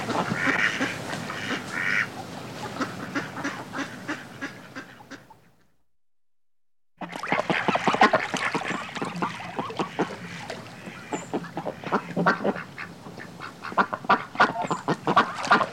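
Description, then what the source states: Duck flock quacking and splashing, dense irregular bursts, a gap of silence near the middle, then renewed busy quacking and splashes. A flock of ducks splashing in water and quacking.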